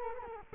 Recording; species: mosquito wingbeat signal from an infrared sensor; Culex quinquefasciatus